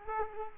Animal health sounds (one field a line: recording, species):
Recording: mosquito wingbeat signal from an infrared sensor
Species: Culex quinquefasciatus